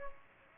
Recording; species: mosquito wingbeat signal from an infrared sensor; Aedes aegypti